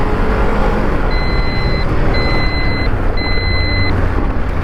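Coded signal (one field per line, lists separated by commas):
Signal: none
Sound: vehicle reversing beeps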